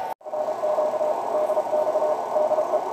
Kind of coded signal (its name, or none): Morse code